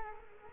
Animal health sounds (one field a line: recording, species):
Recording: mosquito wingbeat signal from an infrared sensor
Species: Culex quinquefasciatus